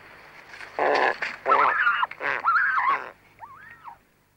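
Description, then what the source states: King shag calls: several harsh, hoarse, grunting bursts in quick succession, followed by a short, thinner rising-and-falling note at the end. Recorded at a colony.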